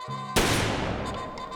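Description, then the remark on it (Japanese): A single sharp gunshot cracks out after a brief low hum, its loud blast trailing off into a long, rumbling echo that slowly fades. “なんだ 銃声だ。”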